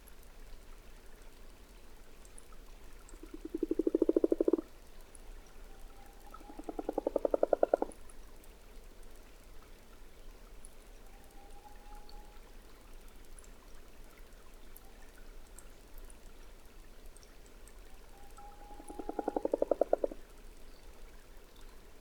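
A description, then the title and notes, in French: A common frog by a forest pond gives three soft, low purring grunts, near 4, 7 and 20 seconds, each a short rattling burst. Between them, thin faint hoots from a distant owl drift in over a quiet background. Fin février - Diois - Ardèche - Nagra Ares BB+ - DPA6007. Une Grenouille rousse (Rana temporia) réalisée en forêt de Valdrôme près d'une mare temporaire en forêt avec en fond lointain une Tengmalm boréale.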